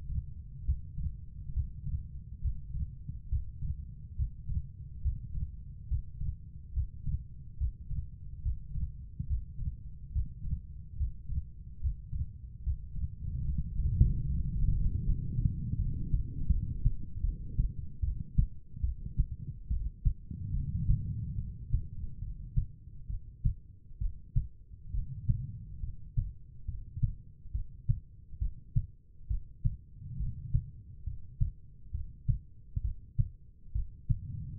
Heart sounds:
heart sounds by stethoscope; 71 bpm
0.63 s: heartbeat
1.51 s: heartbeat
2.39 s: heartbeat
3.27 s: heartbeat
4.14 s: heartbeat
4.99 s: heartbeat
5.86 s: heartbeat
6.71 s: heartbeat
7.55 s: heartbeat
8.40 s: heartbeat
9.25 s: heartbeat
10.10 s: heartbeat
10.95 s: heartbeat
11.78 s: heartbeat
12.61 s: heartbeat
13.43 s: heartbeat
14.26 s: heartbeat
15.02 s: heartbeat
15.75 s: heartbeat
16.47 s: heartbeat
17.20 s: heartbeat
18.00 s: heartbeat
18.80 s: heartbeat
19.67 s: heartbeat
20.51 s: heartbeat
21.35 s: heartbeat
22.19 s: heartbeat
23.07 s: heartbeat
23.98 s: heartbeat
24.91 s: heartbeat
25.80 s: heartbeat
26.65 s: heartbeat
27.52 s: heartbeat
28.39 s: heartbeat
29.28 s: heartbeat
30.17 s: heartbeat
31.04 s: heartbeat
31.91 s: heartbeat
32.81 s: heartbeat
33.72 s: heartbeat
From the record:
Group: healthy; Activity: breath hold 0-15 s, rest 15-35 s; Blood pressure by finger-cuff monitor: 119/79 mmHg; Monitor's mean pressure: 91 mmHg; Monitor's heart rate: 70 bpm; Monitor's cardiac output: 4.9 L/min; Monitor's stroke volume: 67 mL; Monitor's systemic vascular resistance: 1360 dyn s/cm5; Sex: female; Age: 43 years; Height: 160 cm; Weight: 90 kg

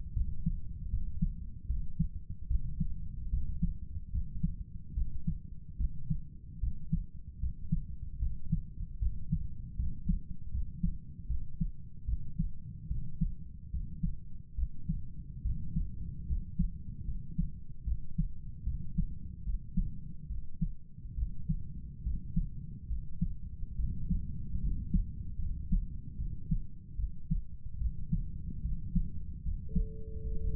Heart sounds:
heart sounds by stethoscope; 74 bpm
0.14 s: heartbeat
0.90 s: heartbeat
1.67 s: heartbeat
2.48 s: heartbeat
3.30 s: heartbeat
4.12 s: heartbeat
4.94 s: heartbeat
5.77 s: heartbeat
6.60 s: heartbeat
7.40 s: heartbeat
8.19 s: heartbeat
8.99 s: heartbeat
9.76 s: heartbeat
10.51 s: heartbeat
11.27 s: heartbeat
12.06 s: heartbeat
12.88 s: heartbeat
13.71 s: heartbeat
14.56 s: heartbeat
15.43 s: heartbeat
16.27 s: heartbeat
17.05 s: heartbeat
17.85 s: heartbeat
18.64 s: heartbeat
19.44 s: heartbeat
20.28 s: heartbeat
21.16 s: heartbeat
22.03 s: heartbeat
22.88 s: heartbeat
23.77 s: heartbeat
24.61 s: heartbeat
25.39 s: heartbeat
26.17 s: heartbeat
26.97 s: heartbeat
27.78 s: heartbeat
28.62 s: heartbeat
29.43 s: heartbeat
30.22 s: heartbeat
From the record:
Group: healthy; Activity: rest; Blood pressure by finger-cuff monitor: 115/66 mmHg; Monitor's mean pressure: 79 mmHg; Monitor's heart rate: 72 bpm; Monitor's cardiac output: 7.3 L/min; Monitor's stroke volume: 100 mL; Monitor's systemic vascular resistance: 800 dyn s/cm5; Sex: male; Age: 35 years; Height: 180 cm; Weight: 86.9 kg

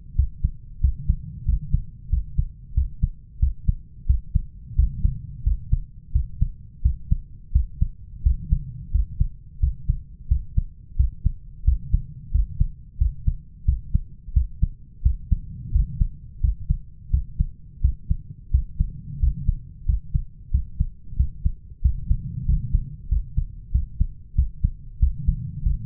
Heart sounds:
heart sounds by stethoscope; 90 bpm
0.18 s: heartbeat
0.83 s: heartbeat
1.47 s: heartbeat
2.12 s: heartbeat
2.76 s: heartbeat
3.41 s: heartbeat
4.08 s: heartbeat
4.78 s: heartbeat
5.46 s: heartbeat
6.14 s: heartbeat
6.84 s: heartbeat
7.54 s: heartbeat
8.25 s: heartbeat
8.94 s: heartbeat
9.62 s: heartbeat
10.30 s: heartbeat
10.98 s: heartbeat
11.67 s: heartbeat
12.34 s: heartbeat
13.00 s: heartbeat
13.67 s: heartbeat
14.35 s: heartbeat
15.05 s: heartbeat
15.74 s: heartbeat
16.43 s: heartbeat
17.13 s: heartbeat
17.83 s: heartbeat
18.53 s: heartbeat
19.22 s: heartbeat
19.88 s: heartbeat
20.53 s: heartbeat
21.19 s: heartbeat
21.84 s: heartbeat
22.48 s: heartbeat
23.11 s: heartbeat
23.74 s: heartbeat
24.37 s: heartbeat
25.01 s: heartbeat
25.65 s: heartbeat
From the record:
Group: healthy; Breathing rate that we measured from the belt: 17 breaths a minute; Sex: male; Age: 21 years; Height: 175 cm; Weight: 72.6 kg

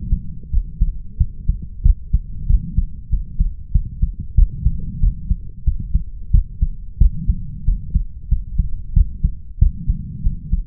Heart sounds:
heart sounds by stethoscope; 93 bpm
0.50 s: heartbeat
1.17 s: heartbeat
1.82 s: heartbeat
2.46 s: heartbeat
3.09 s: heartbeat
3.72 s: heartbeat
4.34 s: heartbeat
4.99 s: heartbeat
5.64 s: heartbeat
6.30 s: heartbeat
6.98 s: heartbeat
7.64 s: heartbeat
8.28 s: heartbeat
8.93 s: heartbeat
9.58 s: heartbeat
10.22 s: heartbeat
From the record:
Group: healthy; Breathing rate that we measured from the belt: 24 breaths a minute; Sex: male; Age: 21 years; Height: 180 cm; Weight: 67.5 kg

